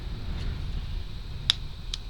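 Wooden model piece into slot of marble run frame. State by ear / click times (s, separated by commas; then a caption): seated / 1.5 s, 1.9 s. A laser-cut wooden piece of a Rokr / Robotime London Marble Run model is pushed into its slot in the frame, with sharp clicks at 1.5 s and 1.9 s over a low, steady background rumble. The piece snaps home and is seated.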